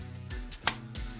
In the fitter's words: so that locks into place now let's do the leg